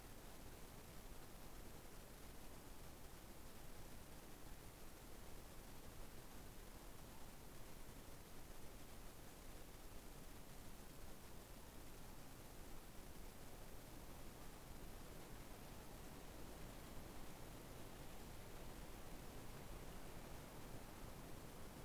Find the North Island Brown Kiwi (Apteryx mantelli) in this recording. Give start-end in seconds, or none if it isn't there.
none